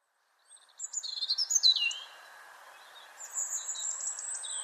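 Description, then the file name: European robin song: a rapid run of twittering, sliding high notes, then a thinner sustained trill, against a faint steady hum. "Erithacus rubecula"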